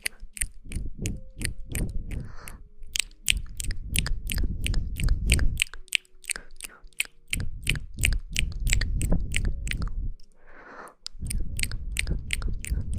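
Mouth sounds of steady, wet chewing and crunching, with rapid sharp clicks throughout, brief pauses near six and ten seconds, and occasional breathy puffs.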